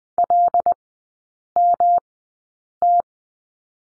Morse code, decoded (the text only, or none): LMT